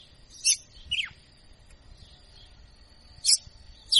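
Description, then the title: Red-cowled cardinal song: a few sharp, bright notes, one sweeping steeply downward, separated by a pause of about two seconds. Female; a 'professor' (teacher) bird singing in açoitando style. "Canto Galo Campina Fêmea. Galo de Campina Professor Açoitando ( Uma Verdadeira Máquina )"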